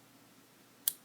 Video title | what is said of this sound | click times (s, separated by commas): Ruger LC9 Magazine Disconnect Correct Removal in Detail | Hear it snap? | 0.9 s